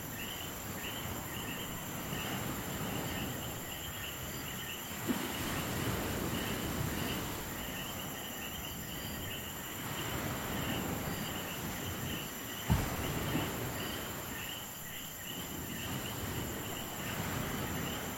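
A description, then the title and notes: Ocean surf rumbles steadily in a dense, low wash while crickets trill in constant high bands, with two brief knocks near five and thirteen seconds. Night in Rincón, Puerto Rico.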